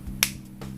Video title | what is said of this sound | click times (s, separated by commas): Drawing Supplies | using your marker make sure you hear the clicking noise gate | 0.2 s